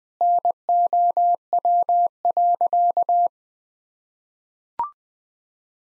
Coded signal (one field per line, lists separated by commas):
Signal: Morse code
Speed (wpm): 20 wpm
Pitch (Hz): 700 Hz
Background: none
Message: NOW.